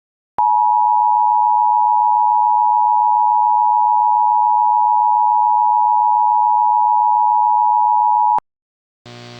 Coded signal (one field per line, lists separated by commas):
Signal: Emergency Alert System (SAME) tones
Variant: 853 and 960 Hz attention tone